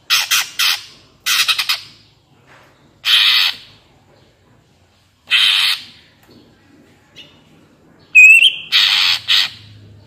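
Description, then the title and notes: Greater green leafbird mixing clipped harsh chatters and rasping bursts with a sharp upward whistle near the end. Captive-bird training (master) recording; energetic 'gacor' song in the 'ngentrok' style with crest raised ('jambul nembak'). "Cucak Ijo Gacor Ngentrok Jambul Nembak. suara burung cucak ijo gacor, merdu cocok buat masteran burung cucak ijo"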